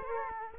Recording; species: mosquito wingbeat signal from an infrared sensor; Culex quinquefasciatus